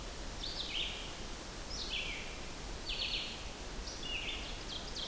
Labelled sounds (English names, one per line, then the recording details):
Red-eyed Vireo song
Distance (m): 50 m
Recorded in boreal forest in Alberta, Canada, on 14 June 2016 at 07:22
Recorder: SongMeter 3, array SBT-3-33
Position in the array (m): 137 m, 124 m